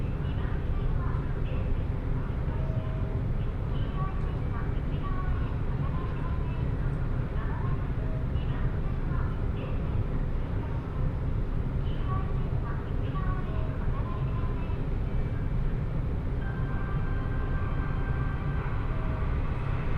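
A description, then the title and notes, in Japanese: A ride on the Osaka Monorail toward Osaka Airport, with a steady, dense rumble that holds the same level throughout. Muffled voices and short tonal chirps and whines drift in and out above the low, constant running noise. 鉄道旅 大物→梅田→蛍池→大阪空港。蛍池で大阪モノレールに乗り換えて１駅先の大阪空港へと向かいます。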